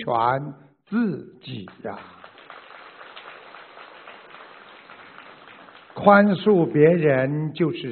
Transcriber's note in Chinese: 掌声